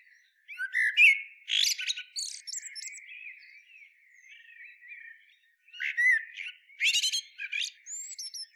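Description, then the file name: Common blackbird singing bursts of high, squeaky twittering mixed with fluted whistles, quieter warbling in the middle. "Turdus merula"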